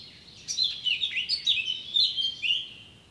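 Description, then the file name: Eurasian blackcap giving a fast, varied warbling phrase that runs for about two and a half seconds. "Sylvia atricapilla"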